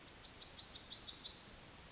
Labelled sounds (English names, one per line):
Yellowhammer song